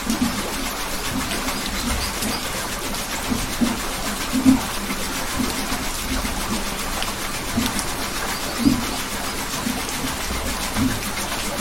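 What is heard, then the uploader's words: Water flows steadily with a soft, constant whirring hiss, while a few low, muffled dull notes surface now and then, near 4.5 and 8.7 seconds. The Most Relaxing Water Turbine Sound Ever! The gentle whirring and flowing water sounds.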